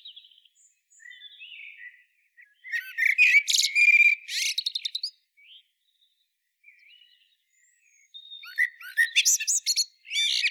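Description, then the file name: Common blackbird song: soft warbling notes, then two loud phrases of twittering notes with quiet gaps between. "Turdus merula"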